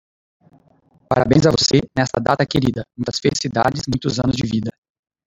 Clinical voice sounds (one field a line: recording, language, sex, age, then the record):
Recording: short text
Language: Brazilian Portuguese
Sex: male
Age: 30 to 39 years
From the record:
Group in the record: control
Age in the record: 38 years